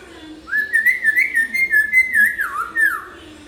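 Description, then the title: Hill myna pouring out a continuous, pulsing whistled phrase that rises and dips repeatedly before dropping at the end. Actively singing hill myna, recording intended as a tutor for training other birds. "Suara Burung Beo Gacor Cocok Untuk Masteran"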